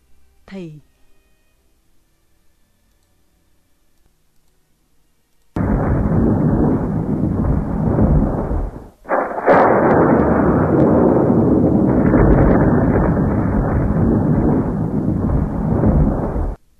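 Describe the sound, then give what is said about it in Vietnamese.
During an unseasonal February midday storm, after a faint falling whine and a quiet lull, a deafening thunderclap of lightning striking a coconut tree and splitting its top into three bursts in and roars for about eleven seconds, breaking off briefly before a second crashing wave rumbles on. “Một tiếng nổ long trời lở đất, cây dừa bị trời đánh tét ngọn ra thành ba miếng, khói bốc mù mịt.”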